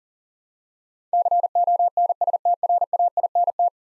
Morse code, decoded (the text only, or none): CONSTRAINT